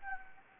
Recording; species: mosquito wingbeat signal from an infrared sensor; Anopheles gambiae